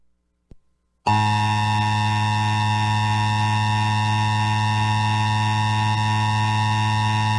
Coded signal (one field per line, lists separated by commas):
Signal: Emergency Alert System (SAME) tones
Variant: 853 and 960 Hz attention tone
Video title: EAS Winter Storm Warning Southeastern Alaska (Yakutat Area) NOAA Weather Radio